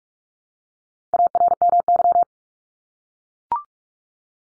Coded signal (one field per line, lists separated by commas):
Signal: Morse code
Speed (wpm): 44 wpm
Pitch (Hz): 700 Hz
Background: none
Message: ARMY